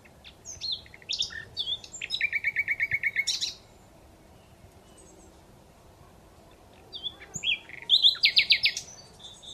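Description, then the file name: Common Nightingale song with a brief chirpy opening, then a steady rapid series of about a dozen low repeated notes; after a silent gap, another fast trilled phrase follows. "Luscinia megarhynchos"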